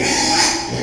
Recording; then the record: squeal of a Yucatan mini pig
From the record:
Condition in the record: before surgery on the right vocal fold (resection and tissue-engineered implant); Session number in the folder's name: 2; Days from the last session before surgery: 0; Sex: male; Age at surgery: 12 weeks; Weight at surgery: 13 kg